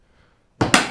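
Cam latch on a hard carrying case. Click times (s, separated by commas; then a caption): 0.6 s, 0.7 s. The cam latch on the other side of a polymer hard carrying case is pressed shut. After near silence, two sharp clicks sound at 0.6 s and 0.7 s, the second louder, and the latch locks closed.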